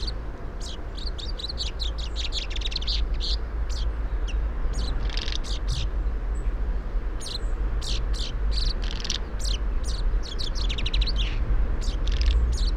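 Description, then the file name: Common chaffinch calls: long run of rapid high chirps in clustered bursts with short pauses, over a low rumble. "Fringilla coelebs"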